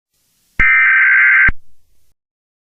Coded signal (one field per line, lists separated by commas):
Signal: Emergency Alert System (SAME) tones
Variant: header bursts